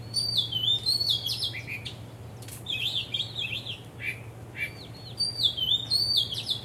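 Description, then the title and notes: Birds singing almost continuously: rapid high twittering whistles with falling slurs, a low hum underneath. Birds singing vigorously at Wu Kai Sha, Hong Kong, 15 December 2006; recorded with AKG condenser microphones in XY stereo. "香港 烏溪沙 雀鳥勁唱歌 Date: 15 December 2006"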